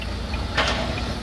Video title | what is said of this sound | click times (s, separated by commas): Trucking Vlog #11 - Trucking Sucks Sometimes | Hear it pop, that's how you know it unlocks. | 0.6 s